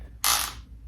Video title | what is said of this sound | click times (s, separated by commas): Former Infantryman, PMC, and LEO takes a look at Corporate Security | hear that it clicks | 0.3 s